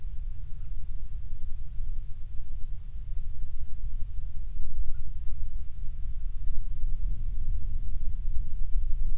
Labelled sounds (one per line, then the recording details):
bird
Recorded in the Prudhoe Bay oil fields, Alaska, on 12 July 2019 at 04:21
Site 16